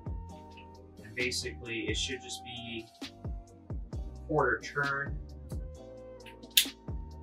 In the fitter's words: And you'll hear a nice solid click locking that into place.